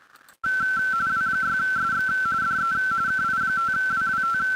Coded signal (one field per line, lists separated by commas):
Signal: RTTY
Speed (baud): 45.45 baud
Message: W6SX DE KI5WWT